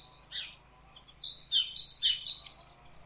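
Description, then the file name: Great tit giving bright two-note phrases, a high note falling to a lower one, repeated several times in quick succession after a few scattered chips. "Parus major"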